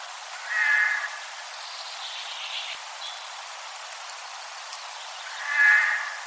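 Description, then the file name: Eurasian jay with two hoarse, grating screeches about five seconds apart; a fainter, higher sound falls between them, over constant hiss. "Garrulus glandarius"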